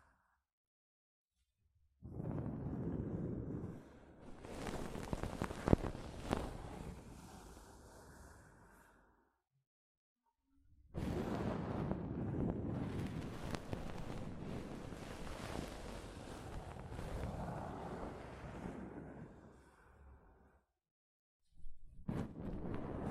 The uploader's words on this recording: ASMR Mic Brushing using Soft Fabric (No Talking).